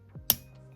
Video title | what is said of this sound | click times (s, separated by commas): Stop Struggling With Bumblebee! Proper Studio Series 74 Transformation Guide | If you you'll hear a solid click sound | 0.3 s